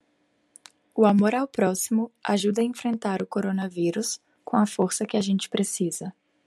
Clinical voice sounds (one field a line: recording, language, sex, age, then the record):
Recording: spoken sentence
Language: Brazilian Portuguese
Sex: female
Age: 20 to 29 years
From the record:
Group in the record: control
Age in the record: 25 years